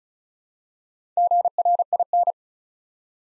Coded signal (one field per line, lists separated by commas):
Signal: Morse code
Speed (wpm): 36 wpm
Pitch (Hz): 700 Hz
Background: none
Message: GRIN